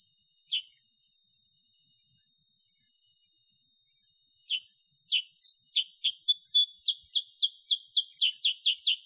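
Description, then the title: Sooty-headed bulbul: a few isolated chips, then a rapid run of crisp downslurred notes in the second half, over a continuous high tone. Original natural song offered as a master recording for training songbirds, suited for use as a lure (pancingan) to prompt other birds. "Masteran Kutilang Sutra. SUARA ASLI KUTILANG SUTRA COCOK UNTUK PANCINGAN"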